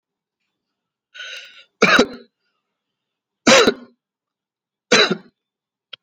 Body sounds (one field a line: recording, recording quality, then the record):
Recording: heavy voluntary cough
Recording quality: excellent, no background noise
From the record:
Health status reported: healthy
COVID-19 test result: not tested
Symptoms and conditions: none ticked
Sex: male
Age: 33 years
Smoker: not ticked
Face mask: not worn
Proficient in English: yes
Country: India